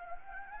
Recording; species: mosquito wingbeat signal from an infrared sensor; Anopheles gambiae